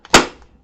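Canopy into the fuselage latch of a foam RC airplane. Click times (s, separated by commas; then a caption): 0.1 s. A foam RC airplane canopy, lined up in its notch, is pushed down by hand into the fuselage latch. A faint tick comes at 0.05 s, then a sharp snap at 0.15 s and a small tick at 0.42 s before the sound fades. The canopy latch snaps in place and the canopy is seated.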